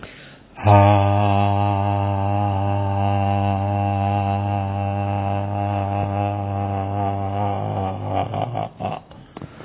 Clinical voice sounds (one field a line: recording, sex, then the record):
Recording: sustained vowel /a/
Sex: male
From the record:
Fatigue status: fatigue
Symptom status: symptomatic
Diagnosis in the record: COVID-19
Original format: 3gp